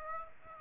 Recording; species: mosquito wingbeat signal from an infrared sensor; Aedes aegypti